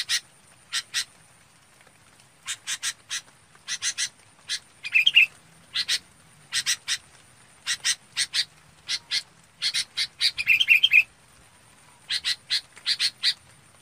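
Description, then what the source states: Red-whiskered bulbul: clusters of short harsh notes with two brief, fluttering warbled chirps. Calling the flock.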